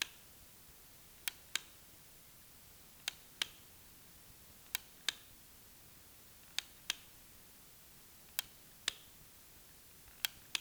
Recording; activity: daily activity, guitar pickup as the sensor; operate light